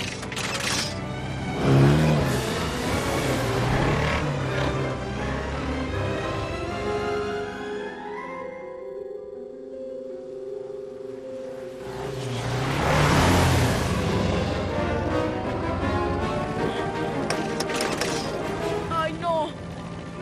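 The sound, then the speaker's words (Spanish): A flying car's engine revs in a loud, continuous roar that eases into a steady droning hum midway, then swells back up to full, rumbling intensity. “Muchos muggles no acostumbran ver autos volando.”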